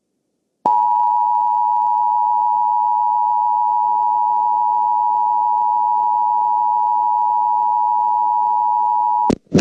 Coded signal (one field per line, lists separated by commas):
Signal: Emergency Alert System (SAME) tones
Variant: 853 and 960 Hz attention tone